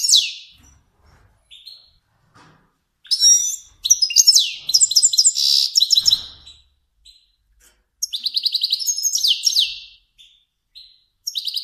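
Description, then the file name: Finch song in bursts of high, buzzy trills and sharp chirps, with pauses between phrases and a final short burst at the end. Kermani finch. "sound finch kermani long"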